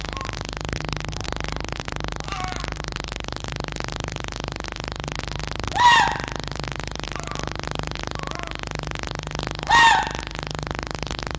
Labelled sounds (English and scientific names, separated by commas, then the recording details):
Red Fox (Vulpes vulpes)
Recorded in captivity
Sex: group
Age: adult
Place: Zoologisches Institut der HUB, Berlin, DE
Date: 1956-02-22 11:45
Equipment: Elmetra
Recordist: Tembrock, Günter
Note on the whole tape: Jupp gegen Jau: Aufstellen mit Drohschrei und Stoßschrei (mehrmals); Jau: etwas winselnd; Jupp weicht, dann: Drohschrei, Belldrohschrei; offenes Bellen; Jau: Muffen ohne Fleisch bei Fiffi; Fiffi: offenes und geschlossenes Knurren. Achtung, teilweise Kopiereffekte, Knistern und technische Störungen